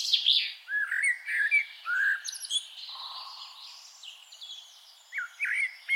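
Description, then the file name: Common blackbird singing fluty, warbled notes that slide up and down, ending in thin high squeaks; a short fluted phrase returns near the end. "Turdus merula"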